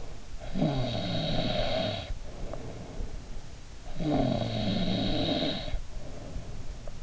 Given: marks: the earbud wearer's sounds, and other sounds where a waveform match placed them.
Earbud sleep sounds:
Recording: sounds in sleep by an in-ear microphone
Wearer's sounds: snoring breath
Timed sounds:
0.40-2.13 s: snoring breath
3.88-6.56 s: snoring breath

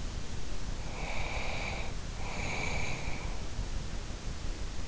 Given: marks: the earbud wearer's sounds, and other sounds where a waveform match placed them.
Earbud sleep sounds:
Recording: sounds in sleep by an in-ear microphone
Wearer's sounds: breath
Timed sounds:
0.80-3.40 s: breath

